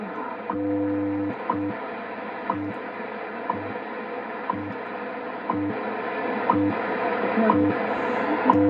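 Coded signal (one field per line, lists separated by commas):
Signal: radio time signal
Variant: WWV and WWVH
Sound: sharp clicks once per second, about 9, with short low tone segments, over hiss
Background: radio static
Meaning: Each tick marks one second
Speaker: that's what the time broadcast sounds like each one of those little ticks that you heard is one second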